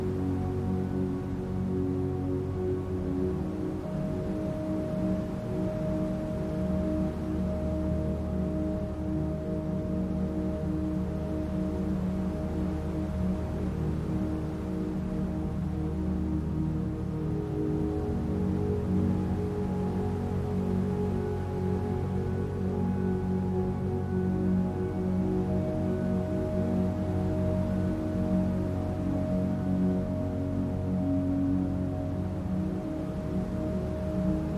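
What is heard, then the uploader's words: A steady, low whirring hum like a humidifier or sleep machine runs throughout, with only a faint, soft hiss up top. Underneath, warm sustained tones ring and overlap, with light repeating notes drifting through at an even level, unchanging from start to finish. White noise that replicates the sound of a whirring humidifier or sleep machine in your bedroom along with an ambient soundscape underneath a light repeating piano.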